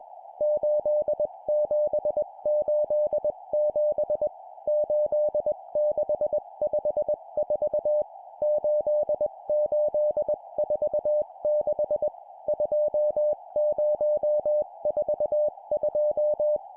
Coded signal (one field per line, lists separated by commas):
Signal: Morse code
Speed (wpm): 21 wpm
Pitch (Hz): 600 Hz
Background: music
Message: 8787 8654 8846 2042